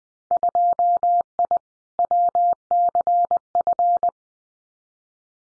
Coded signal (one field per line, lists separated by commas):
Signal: Morse code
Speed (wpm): 20 wpm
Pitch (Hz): 700 Hz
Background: none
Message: 2I WCF